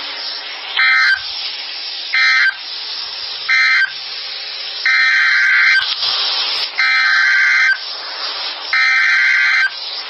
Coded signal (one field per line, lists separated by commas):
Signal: Emergency Alert System (SAME) tones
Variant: header bursts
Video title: So Many Tornadoes and Severe Thunderstorms. (EAS 56-92) 3/31/23.